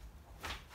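A Quinny Zapp Xtra (KENSON Limited Edition) stroller seat is realigned onto its travel-system adaptor and pushed down onto the frame. A single short, knock-like click sounds at 0.5 s over a low background rumble, and the seat is seated in place.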